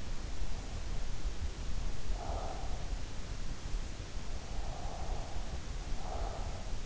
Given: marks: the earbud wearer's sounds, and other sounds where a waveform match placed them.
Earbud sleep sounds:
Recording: sounds in sleep by an in-ear microphone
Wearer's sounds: breath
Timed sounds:
0.92-3.24 s: breath
4.23-6.86 s: breath

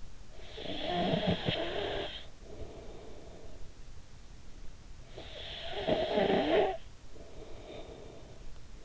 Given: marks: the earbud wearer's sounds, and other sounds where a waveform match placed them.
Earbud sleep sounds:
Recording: sounds in sleep by an in-ear microphone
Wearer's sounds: snoring breath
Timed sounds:
0.00-4.30 s: snoring breath
4.79-8.62 s: snoring breath

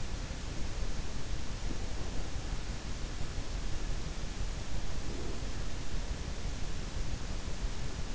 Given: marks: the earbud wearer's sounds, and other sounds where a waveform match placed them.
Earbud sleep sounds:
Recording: sounds in sleep by an in-ear microphone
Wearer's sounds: breath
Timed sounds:
4.80-5.64 s: breath

